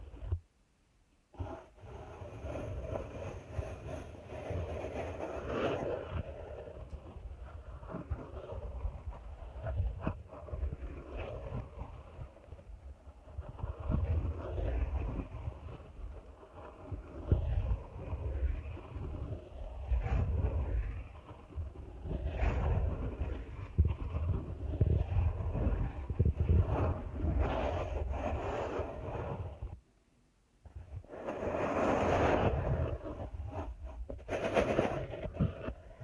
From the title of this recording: ASMR Deep Ear Canal Massage